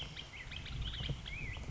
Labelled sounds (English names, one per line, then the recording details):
Black-headed Grosbeak
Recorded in Sonoma County, California